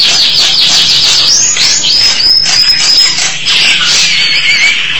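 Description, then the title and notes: Starling song of thin high whistles woven through scratchy chatter, with a brief whistle near the end. "suara burung jalak"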